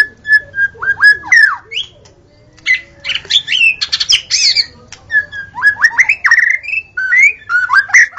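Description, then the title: White-rumped shama singing varied phrases of clear whistles, downward slurs and harsh squeaky notes, with short gaps between bursts. Natural song recorded in forest. "Kicau Asli Murai Batu Hutan"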